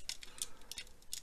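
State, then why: Not seated. A folded plastic arm on a Transtruck Titan engineering robot toy is handled during transformation, its peg being pushed toward a slot in the toy body. Short, bright plastic ticks sound at about 0.1, 0.4 and 1.1 s over quiet background noise. Nothing has seated or clicked into place yet.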